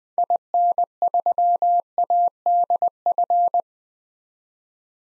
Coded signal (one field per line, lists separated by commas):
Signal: Morse code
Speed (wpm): 20 wpm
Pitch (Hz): 700 Hz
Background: none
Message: IN3ADF